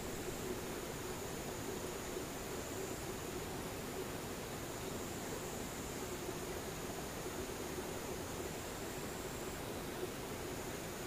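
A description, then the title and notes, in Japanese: Near-silence with distant insects: a soft, even hiss fills the whole eleven seconds without change. A thin, high insect whine runs faintly through almost all of it, alongside a faint low hum, and nothing else stands out. 無音 遠くにムシ。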